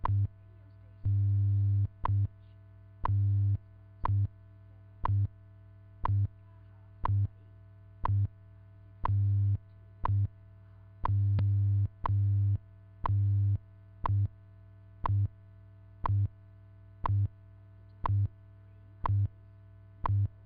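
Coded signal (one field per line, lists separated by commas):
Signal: radio time signal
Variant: WWV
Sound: sharp tick every second over a low buzzing hum pulsing in short and long bursts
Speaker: National Institute of Standards and Technology time this is radio station WWV Fort cullins Colorado broadcasting on internationally allocated standard carrier frequencies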